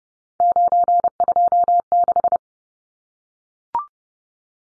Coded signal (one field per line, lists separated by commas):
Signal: Morse code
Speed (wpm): 30 wpm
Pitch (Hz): 700 Hz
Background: none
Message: 926